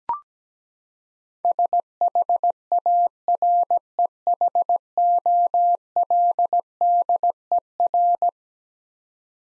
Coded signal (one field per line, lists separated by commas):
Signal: Morse code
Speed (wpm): 17 wpm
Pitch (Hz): 700 Hz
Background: none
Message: SHAREHOLDER